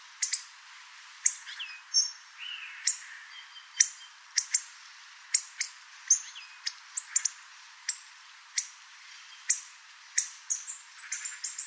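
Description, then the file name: Hawfinch calls: sharp, explosive ticking notes repeated irregularly throughout, with a few thin whistles and other high bird notes in the background. "Grosbec"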